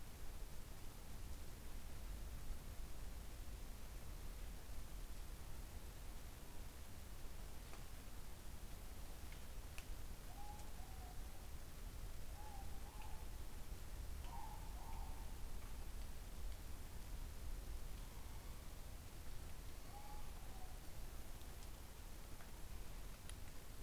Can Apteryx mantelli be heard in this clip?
no